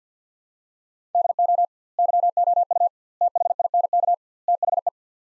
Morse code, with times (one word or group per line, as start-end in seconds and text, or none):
1.1-1.6 DO
2.0-2.9 YOU
3.2-4.1 THINK
4.5-4.9 THE